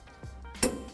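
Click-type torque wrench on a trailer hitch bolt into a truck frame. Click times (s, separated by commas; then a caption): 0.6 s. A click-type torque wrench with a 19 mm socket on a 5-inch extension, set to 68 ft-lb, tightens a trailer hitch mounting bolt into the frame of a 2010 Nissan Frontier pickup. After a low background hum and a few soft ratcheting sounds, the wrench gives one sharp, bright click at 0.6 s, confirming the bolt has reached its set torque.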